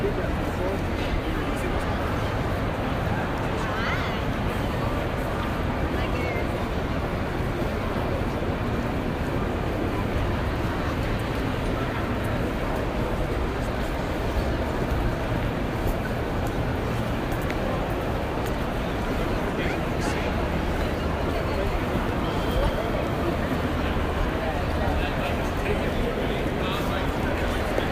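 Inside a busy train station, a dense, steady murmur of many voices fills the hall, with scattered footsteps and faint clatter throughout.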